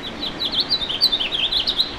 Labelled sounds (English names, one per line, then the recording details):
House Finch song
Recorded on Long Island, New York, on 2 June 2012
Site CP
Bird E